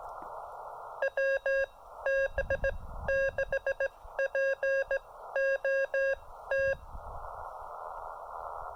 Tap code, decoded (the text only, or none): none